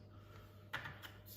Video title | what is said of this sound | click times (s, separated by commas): 💻How to replace/upgrade RAM and Hard drive in a 2011 MacBook Pro💻 | let's get the bottom one installed line it up push it all the way in and then down until it clicks | 0.7 s